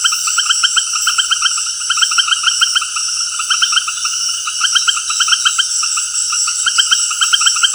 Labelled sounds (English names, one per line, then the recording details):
none
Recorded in dense forest near Puerto Asís, Putumayo, Colombia, on 20 February 2024 at 18:30
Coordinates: 0.485, -76.325
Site G6429